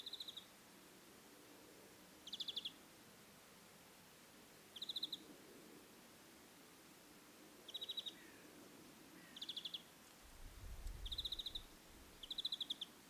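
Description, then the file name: European greenfinch calling in seven short buzzy pulsed trills at irregular intervals, with a low rumble briefly audible near the end. "Chloris chloris"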